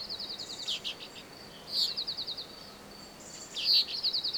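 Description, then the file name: Common chaffinch giving short, high, rapid trills of evenly repeated notes, three bursts separated by pauses, with a faint steady background hiss. "Fringilla coelebs"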